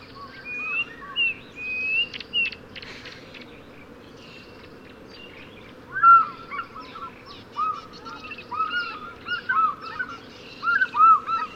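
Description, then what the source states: African fish eagle calls, a burst of loud arched yelps from six seconds onward with higher chirping notes earlier, over a low background hum. Soundscape featuring several African fish eagles.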